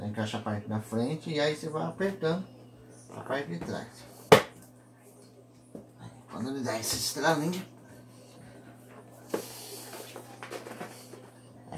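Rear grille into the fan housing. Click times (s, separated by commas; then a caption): 4.3 s. Someone talks while the rear plastic grille of a Britania Turbo BVT480T Turbo 40 cm 160 W Titanium fan is lined up with the front part and pressed onto the fan housing. A sharp snap at 4.3 s marks the grille seating in place, confirmed just right, followed by more talking and a few faint knocks.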